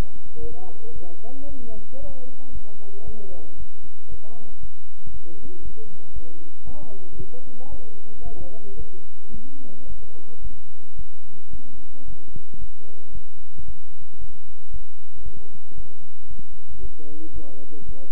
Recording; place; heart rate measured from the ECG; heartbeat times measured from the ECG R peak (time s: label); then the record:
heart sounds by stethoscope; between the tricuspid and mitral areas; 113 bpm
0.41 s: heartbeat
0.93 s: heartbeat
1.47 s: heartbeat
2.00 s: heartbeat
2.53 s: heartbeat
3.05 s: heartbeat
3.58 s: heartbeat
4.10 s: heartbeat
4.61 s: heartbeat
5.12 s: heartbeat
5.63 s: heartbeat
6.14 s: heartbeat
6.65 s: heartbeat
7.17 s: heartbeat
7.70 s: heartbeat
8.23 s: heartbeat
8.77 s: heartbeat
9.32 s: heartbeat
9.87 s: heartbeat
10.42 s: heartbeat
10.96 s: heartbeat
11.51 s: heartbeat
12.06 s: heartbeat
12.59 s: heartbeat
13.12 s: heartbeat
13.66 s: heartbeat
14.19 s: heartbeat
14.71 s: heartbeat
15.23 s: heartbeat
15.76 s: heartbeat
16.28 s: heartbeat
16.81 s: heartbeat
17.33 s: heartbeat
17.86 s: heartbeat
From the record:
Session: bicycle stress test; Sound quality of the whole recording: good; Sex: male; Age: 23 years